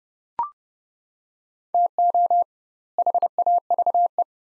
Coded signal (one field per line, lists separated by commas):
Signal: Morse code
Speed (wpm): 30 wpm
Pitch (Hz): 700 Hz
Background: none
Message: TO HAVE